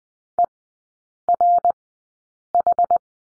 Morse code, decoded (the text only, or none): ERH